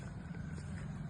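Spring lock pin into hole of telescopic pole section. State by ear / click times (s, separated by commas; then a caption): not seated / none. The next aluminium section of a telescopic pruning saw pole is pulled out toward its second lock, where a spring lock pin must engage the hole in the pole section. Only a steady low rumble, with a faint brief tap near 0.8 s, is heard. The pin has not seated or clicked yet.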